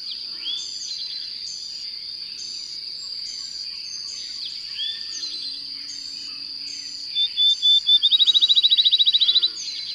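Bird song: scattered high chirps, then a quick series of notes speeding into a rapid trill near the end, with a constant high-pitched buzz behind.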